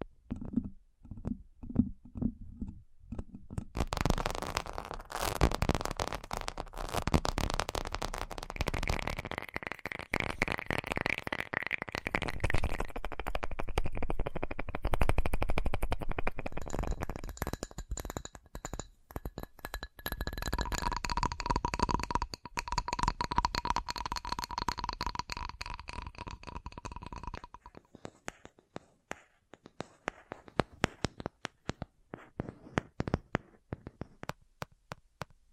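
Tapping sounds, sparse at first, then dense rapid clicking and rustling with brief whistling tones, thinning to scattered taps near the end.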